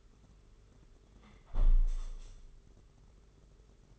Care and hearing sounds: daily activity, microphone in the room; close window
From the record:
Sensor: 4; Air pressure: 992.1 hPa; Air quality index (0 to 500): 106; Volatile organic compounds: 16 ppm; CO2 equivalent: 2535 ppm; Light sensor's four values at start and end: 23/78/28/30 and 22/77/28/30

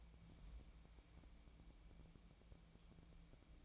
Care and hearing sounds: daily activity, microphone in the room; take from stove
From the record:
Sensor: 1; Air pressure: 1000.0 hPa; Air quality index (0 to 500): 132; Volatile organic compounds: 2 ppm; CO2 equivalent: 1257 ppm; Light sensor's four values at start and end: 44/111/47/59 and 44/110/47/58

